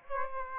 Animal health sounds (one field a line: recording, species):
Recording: mosquito wingbeat signal from an infrared sensor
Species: Aedes aegypti